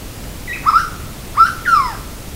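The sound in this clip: Bird calling with three clear whistled notes: a short rising whistle, then a pause, then two more, the last slurring downward, over faint background hiss.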